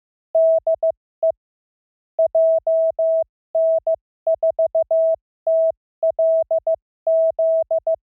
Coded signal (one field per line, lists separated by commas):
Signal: Morse code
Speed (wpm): 15 wpm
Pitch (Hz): 650 Hz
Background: none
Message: DE JN4TLZ